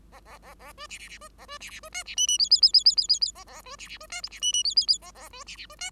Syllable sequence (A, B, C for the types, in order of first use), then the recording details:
A A A A B C C C B A B C C B D C E E F F F F F F F F A A B C C B D G C E E F F F A A B C C B D. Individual Bird5